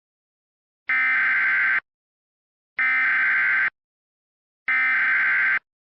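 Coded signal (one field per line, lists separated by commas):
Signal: Emergency Alert System (SAME) tones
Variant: header bursts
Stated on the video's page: Mock recreation of a real civil emergency message EAS alert from Roane County.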